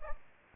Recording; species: mosquito wingbeat signal from an infrared sensor; Aedes aegypti